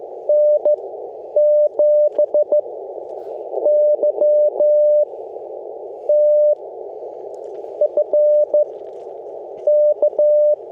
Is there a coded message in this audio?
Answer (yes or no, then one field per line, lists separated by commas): yes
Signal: Morse code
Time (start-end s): 0.3-10.5 s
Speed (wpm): 16 wpm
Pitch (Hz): 600 Hz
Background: none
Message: N7YTF K